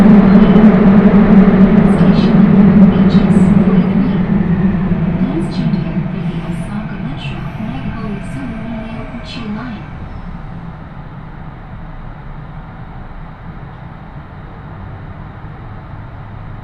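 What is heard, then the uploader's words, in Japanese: On a railway journey, a train's low rumble and droning hum fade steadily over seventeen seconds, with faint voices and light clicks scattered through. 鉄道旅 汐見橋→岸里玉出→なんば→大物。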